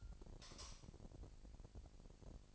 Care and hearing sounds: daily activity, microphone in the room; light off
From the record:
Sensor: 5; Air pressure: 1002.0 hPa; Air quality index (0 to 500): 234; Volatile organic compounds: 35 ppm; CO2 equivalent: 3063 ppm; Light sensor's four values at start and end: 16/39/16/17 and 16/37/15/17

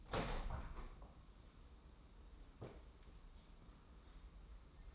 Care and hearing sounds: daily activity, microphone in the room; open window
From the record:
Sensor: 1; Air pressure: 994.4 hPa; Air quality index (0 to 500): 214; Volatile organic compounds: 1000 ppm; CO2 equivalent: 7709 ppm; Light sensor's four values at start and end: 75/163/74/77 and 75/164/74/78

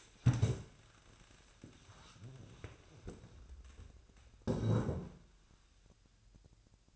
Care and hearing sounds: daily activity, microphone in the room; stand up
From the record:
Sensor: 2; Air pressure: 1000.3 hPa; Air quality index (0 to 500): 159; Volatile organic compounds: 3 ppm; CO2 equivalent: 1333 ppm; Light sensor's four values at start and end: 8/20/8/9 and 9/19/9/10

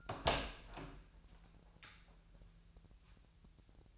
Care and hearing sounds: daily activity, microphone in the room; open door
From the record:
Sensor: 2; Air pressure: 1001.3 hPa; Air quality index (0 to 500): 244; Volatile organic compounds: 80 ppm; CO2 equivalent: 3605 ppm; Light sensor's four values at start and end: 10/23/10/10 and 10/24/10/10

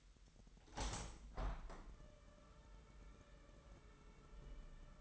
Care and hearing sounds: daily activity, microphone in the room; open window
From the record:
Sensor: 3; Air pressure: 998.5 hPa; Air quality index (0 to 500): 136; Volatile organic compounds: 4 ppm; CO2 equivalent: 1626 ppm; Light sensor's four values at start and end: 8/20/8/9 and 8/20/8/9

